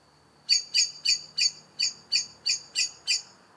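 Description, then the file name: Eurasian blackbird giving a series of sharp, clicking call notes, about three per second, nine notes in an even run against a quiet background. "Turdus merula"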